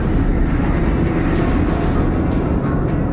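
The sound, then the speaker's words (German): A loud, steady rumbling roar of a train rushing by, heavy in the low end, with a few sharp metallic clacks cutting through near the end. “schon flirrte es vor Thiels Augen von Lichtern und der Zug raste vorüber”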